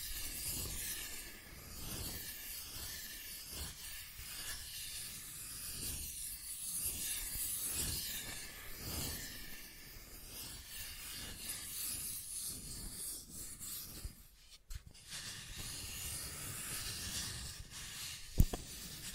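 Scratching and tracing sounds: a steady, rough hiss of something rubbed back and forth across a surface, with soft regular swells roughly every second. The strokes thin out briefly near fifteen seconds, and a single sharp tick sounds around eighteen seconds.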